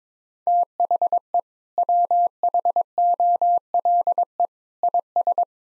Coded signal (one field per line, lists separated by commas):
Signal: Morse code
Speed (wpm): 22 wpm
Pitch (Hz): 700 Hz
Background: none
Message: THE WHOLE IS